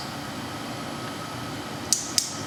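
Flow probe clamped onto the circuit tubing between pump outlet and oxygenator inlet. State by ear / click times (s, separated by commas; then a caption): seated / 1.9 s, 2.2 s. A perfusionist fits a flow probe onto the circuit tubing between the pump outlet and the oxygenator inlet, checking the flow direction, against a steady hum. Two sharp, bright clicks at 1.9 s and 2.2 s mark the probe's latch snapping closed, and the probe is seated.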